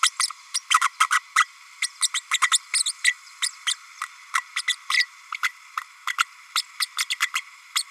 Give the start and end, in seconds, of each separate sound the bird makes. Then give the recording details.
0.02-0.10, 0.19-0.27, 0.54-0.62, 0.81-0.89, 1.00-1.07, 1.10-1.20, 1.35-1.46, 1.82-1.87, 2.02-2.07, 2.14-2.20, 2.31-2.38, 2.51-2.58, 2.73-2.83, 3.04-3.13, 3.42-3.48, 3.66-3.74, 4.56-4.62, 4.68-4.75, 4.90-5.05, 5.42-5.49, 5.77-5.81, 6.07-6.16, 6.18-6.24, 6.55-6.63, 6.80-6.87, 6.98-7.06, 7.10-7.15, 7.20-7.27, 7.35-7.41, 7.75-7.85. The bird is a female. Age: 32 days. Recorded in a nest box in Venezuela. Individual 17B32A5